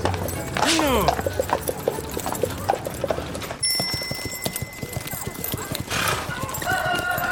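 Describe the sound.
Steady, rhythmic clip-clop of horse hooves, quickening in the second half, with a high rising-and-falling whinny near the start and murmured voices in the background.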